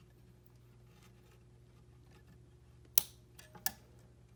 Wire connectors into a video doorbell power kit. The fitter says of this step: right so they're both snapped in place and